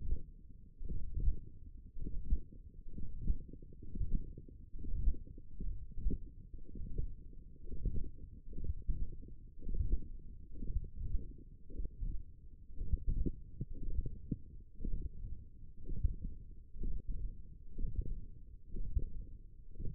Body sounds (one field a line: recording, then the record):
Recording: forearm muscle sounds (acoustic myography)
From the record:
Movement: hook grip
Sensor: system 1, eight BSWA MPA416 microphones around the upper forearm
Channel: 1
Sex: male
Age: 42 years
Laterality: right